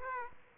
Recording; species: mosquito wingbeat signal from an infrared sensor; Aedes aegypti